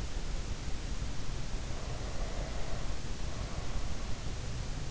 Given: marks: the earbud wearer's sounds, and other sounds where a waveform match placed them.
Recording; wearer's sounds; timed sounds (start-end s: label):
sounds in sleep by an in-ear microphone; breath
1.42-4.21 s: breath